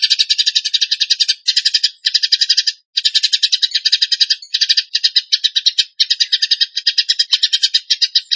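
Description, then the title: Tembakan bird song: rapid, dry, buzzy rattling trills in bursts of varying length separated by brief pauses, nearly continuous. Tutor (masteran) recording of a Tembakan bird in full song (gacor). "Masteran Burung Tembakan Gacor"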